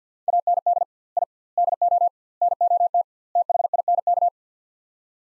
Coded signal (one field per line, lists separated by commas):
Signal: Morse code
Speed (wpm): 45 wpm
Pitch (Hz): 700 Hz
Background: none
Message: AND I DO NOT THINK